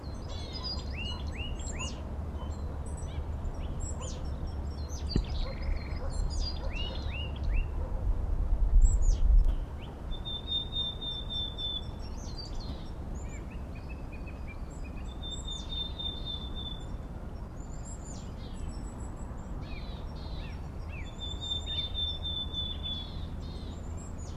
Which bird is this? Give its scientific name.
Poecile montanus